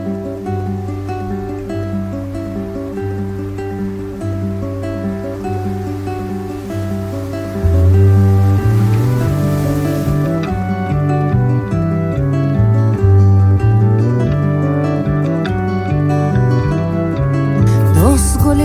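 A song by a music project from Patagonia plays with sustained, harmonically rich tones and a steady low pulse, quieter at first and then swelling fuller and louder partway through, holding a continuous mellow melody.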